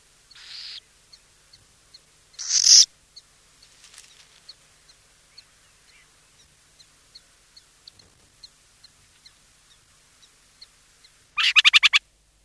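Burrowing owl giving two raspy screeches early, then a run of faint regular ticks, ending with a rapid stuttering burst of harsh notes.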